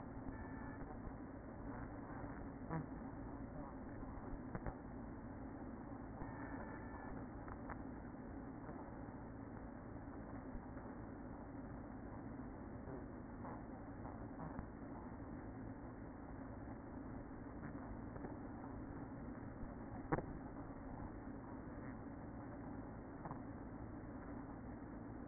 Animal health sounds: honeybee colony, microphone inside the hive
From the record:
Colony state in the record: queen present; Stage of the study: after two queens were removed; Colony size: about 60,000 bees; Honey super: yes

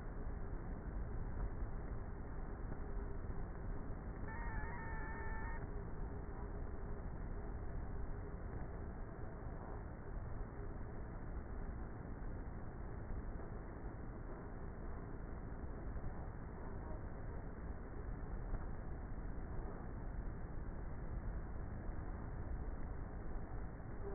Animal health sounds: honeybee colony, microphone inside the hive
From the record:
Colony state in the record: queenless with a low population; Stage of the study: before two queens were removed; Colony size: about 30,000 bees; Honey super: no

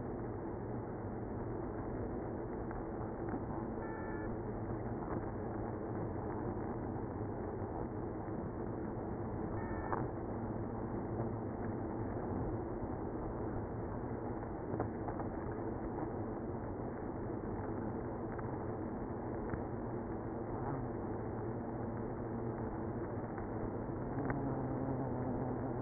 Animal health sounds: honeybee colony, microphone inside the hive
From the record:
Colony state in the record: queenless (queen removed); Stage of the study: after two queens were removed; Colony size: about 60,000 bees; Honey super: yes

